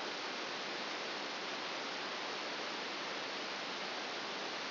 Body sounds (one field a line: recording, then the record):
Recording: brain microelectrode recording played as sound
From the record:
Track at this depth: inside the subthalamic nucleus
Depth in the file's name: 2.304 mm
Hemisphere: left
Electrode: 2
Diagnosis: Parkinson's disease